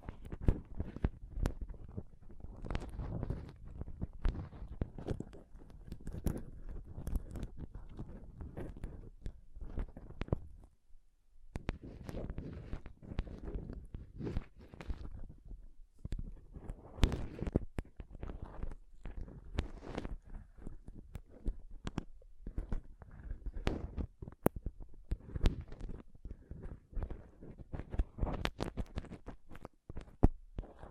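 Scratching and touching on a microphone, a dense run of rubbing, brushing and sharp clicky scrapes that rarely lets up. The handling thuds are low and heavy, with bright crackly spikes scattered throughout. A brief near-silent gap falls around eleven seconds before the scratching resumes.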